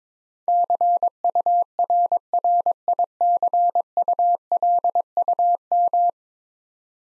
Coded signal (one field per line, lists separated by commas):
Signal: Morse code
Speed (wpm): 22 wpm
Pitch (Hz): 700 Hz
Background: none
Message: CURRICULUM